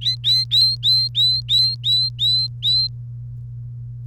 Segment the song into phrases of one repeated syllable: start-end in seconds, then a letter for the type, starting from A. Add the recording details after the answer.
0.01-2.87 A. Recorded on 1 May 2018 at 15:17. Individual llb3